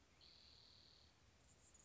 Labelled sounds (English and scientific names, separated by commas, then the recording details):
Spotted Towhee (Pipilo maculatus)
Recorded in Sonoma County, California